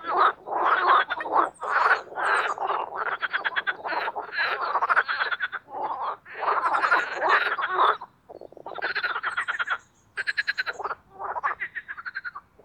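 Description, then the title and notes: Marsh frog chorus, loud and nearly continuous, made of rapid rattling pulsed croaks that overlap one another with only short gaps. Spring mating chorus of marsh frogs in an artificial pond created for water activities at Parc Chédeville, Oise, after a cold night. "Les grenouilles et l’avion. Parc Chédeville dans l'Oise. des grenouilles rieuses se donnent rendez-vous au printemps pour un concert amoureux. La Grenouille rieuse ( Pelophylax ridibundus )"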